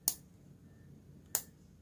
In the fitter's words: 탁 소리가 나게 가장 바깥 쪽으로 빼주시고